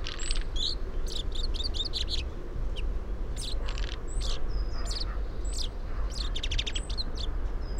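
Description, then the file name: Common chaffinch calls: bursts of sharp chirps in quick runs and thin high whistled notes scattered throughout, above a steady low rumble. "Fringilla coelebs"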